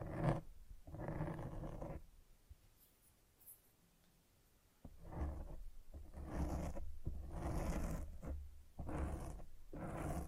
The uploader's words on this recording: ASMR Fall Asleep to Mic Scratching 1 Hour No Talking.